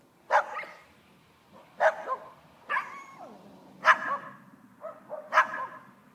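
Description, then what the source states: Dog barking, five sharp single barks about every one to one and a half seconds, some followed by a shorter second bark, over quiet background. Neighbourhood guard dogs.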